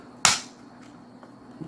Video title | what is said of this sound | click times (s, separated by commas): Repairing Tyco Power Torque Baldwin RF-16 Sharknose HO Scale Locomotive (Southern Pacific) | and you'll hear it pop | 0.2 s